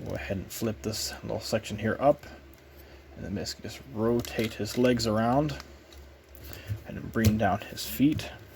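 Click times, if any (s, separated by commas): none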